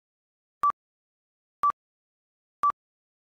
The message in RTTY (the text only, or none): none